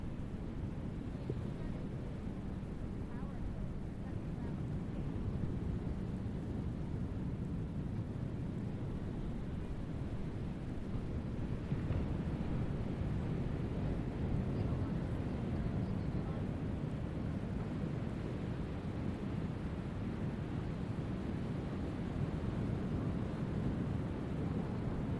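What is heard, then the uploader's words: Surf at Seabright Beach makes a steady, deep roar that never breaks into distinct waves, heavy in the low end with little brightness on top. The wash swells slightly around the twelve-second mark and stays a touch fuller afterward. These relaxing sounds are coming to you from Seabright Beach.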